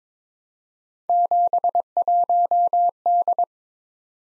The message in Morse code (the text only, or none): 71D